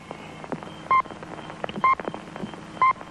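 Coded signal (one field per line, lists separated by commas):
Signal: speaking clock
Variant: Telstra speaking clock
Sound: three short beeps about 1 kHz, one second apart, over faint clicks and hiss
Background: background noise, clicks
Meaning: The pips mark the exact second of the time announced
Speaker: The third says it will be 9, 50 and 10 seconds.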